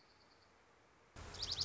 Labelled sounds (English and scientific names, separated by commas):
Dark-eyed Junco (Junco hyemalis)